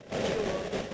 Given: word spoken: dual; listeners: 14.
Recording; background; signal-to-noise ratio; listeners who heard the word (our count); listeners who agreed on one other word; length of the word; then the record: one English word in noise, from a listening test; noise modulated by three-talker babble; -5.2 dB; 1 of 14; 7 of 14; 0.54 s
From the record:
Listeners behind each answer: 7, 1, 1, 1, 1, 1, 1, 1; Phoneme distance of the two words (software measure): 17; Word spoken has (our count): 2 syllables, 5 phonemes, stress on syllable 1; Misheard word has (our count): 2 syllables, 4 phonemes, stress on syllable 1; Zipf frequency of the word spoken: 3.62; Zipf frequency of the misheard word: 3.76